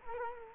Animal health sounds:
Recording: mosquito wingbeat signal from an infrared sensor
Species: Culex quinquefasciatus

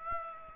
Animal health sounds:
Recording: mosquito wingbeat signal from an infrared sensor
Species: Aedes aegypti

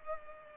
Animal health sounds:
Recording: mosquito wingbeat signal from an infrared sensor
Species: Culex pipiens

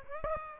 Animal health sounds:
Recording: mosquito wingbeat signal from an infrared sensor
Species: Aedes aegypti

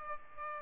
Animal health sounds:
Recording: mosquito wingbeat signal from an infrared sensor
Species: Aedes aegypti

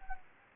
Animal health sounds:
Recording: mosquito wingbeat signal from an infrared sensor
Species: Anopheles gambiae

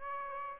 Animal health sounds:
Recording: mosquito wingbeat signal from an infrared sensor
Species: Aedes aegypti

